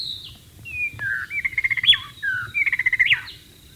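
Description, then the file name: White-rumped shama song with clear sliding whistles and quick rattled trills, each phrase ending in an upward flick. Wild bird, in the wild. "suara burung murai batu di alam liar"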